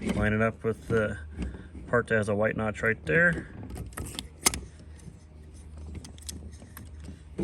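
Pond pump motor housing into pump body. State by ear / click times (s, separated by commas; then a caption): seated / 4.5 s. Someone talks while lining up the white notches on the plastic motor housing of an OYO Water PE1800-6900 pond pump with the pump body. A screwdriver then gently pries the housing over, giving a few light clicks and rattles before a sharp click at 4.5 seconds. The housing is seated in the pump body, and it takes little force.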